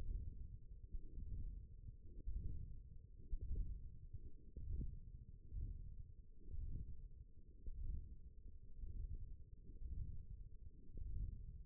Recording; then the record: forearm muscle sounds (acoustic myography)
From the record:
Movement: ulnar deviation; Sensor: system 1, eight BSWA MPA416 microphones around the upper forearm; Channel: 2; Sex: female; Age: 20 years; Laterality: right